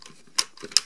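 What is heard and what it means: The plastic feet of the frog piece, facing downwards, are slotted into the body of a 1995 Mighty Morphin' Power Rangers Ninja Megazord toy robot. Two sharp clicks sound at 0.4 s and 0.8 s, with fainter handling taps around them. The frog's feet seat firmly into place.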